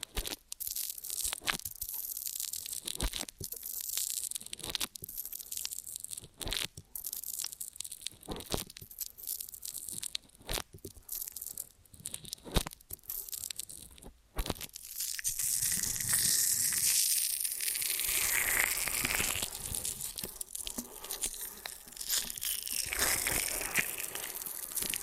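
Ear and scalp massage and cleaning, heard as dense crinkling, scratching and rubbing with many sharp crackles and brief silent gaps during the first fifteen seconds. After that the sound turns into a steadier, brighter rustling and scraping with swirling movement that continues to the end.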